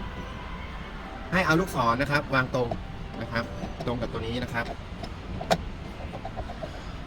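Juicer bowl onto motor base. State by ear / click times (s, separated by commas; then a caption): seated / 5.4 s, 5.5 s. An Olivia cold-press juicer's plastic bowl is set on the motor base with its arrows lined up and turned. Someone talks, then two sharp clicks sound at 5.4 s and 5.5 s as the bowl locks onto the base.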